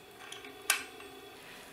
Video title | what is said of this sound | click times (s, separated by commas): My Opinion about Swedish Collar + Locking Mechanism (50mm, 690g Aluminium Necklace) | push this plate up until it clicks so | 0.7 s